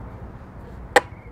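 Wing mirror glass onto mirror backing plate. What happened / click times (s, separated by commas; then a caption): The mirror glass snapped onto its backing / 1.0 s. Wing mirror glass is pushed onto its mirror backing plate by its two clip points. After a low, quiet background, a single loud, sharp snap comes at 0.97 s, and the glass seats home.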